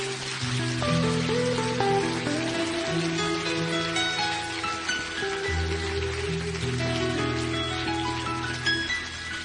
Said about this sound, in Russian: Дай еще аплодисменты этому Господу.